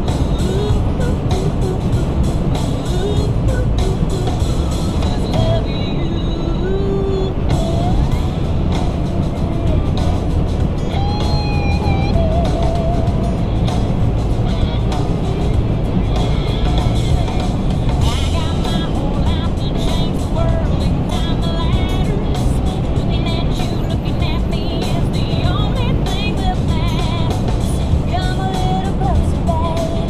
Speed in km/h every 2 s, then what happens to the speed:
151, 151, 151, 151, 151, 153, 155, 155, 155, 156, 156, 159, 159, 159, 153.
0-22 steady at about 153. 22-30 slows to 153.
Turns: none.